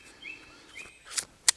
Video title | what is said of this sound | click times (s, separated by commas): Haida M10 filter system/Woodland Photography. | it goes clicks into place and | 1.5 s